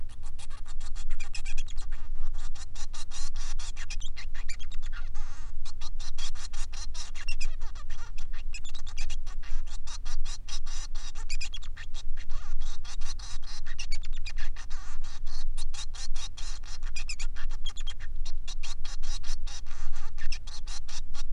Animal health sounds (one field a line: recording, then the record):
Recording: song of a male Bengalese finch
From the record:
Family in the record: son of father 3